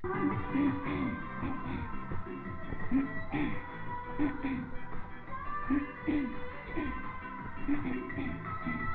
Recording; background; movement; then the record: throat clearing; music; walking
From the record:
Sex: female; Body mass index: 22.6 kg/m2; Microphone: on the chest, facing the body